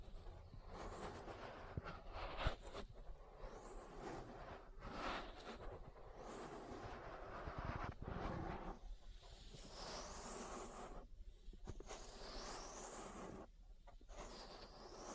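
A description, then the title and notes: An ear massage of dense, continuous rubbing and rustling over a low rumble, with strokes rising and fading in uneven waves. Brief quiet gaps fall near the 9, 11 and 14 second marks, and brighter swishing sweeps stand out in the second half. ASMR Relaxing Ear Massage. (No Talking).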